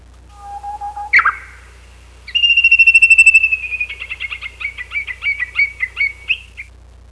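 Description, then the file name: Japanese bush warbler song: a steady low whistle, a sharp rising flourish, then a held higher note breaking into a long run of repeated notes. "uguisu"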